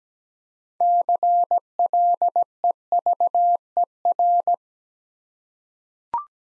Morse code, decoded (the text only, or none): CLEVER